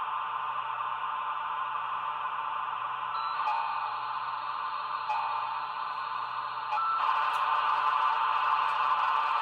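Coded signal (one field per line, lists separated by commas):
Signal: dial-up modem handshake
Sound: continuous broad modem hiss with slight shifts in tone and level, no dialing heard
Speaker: Okay, I mean, it sounds fine. I didn't hear anything wrong with that connection.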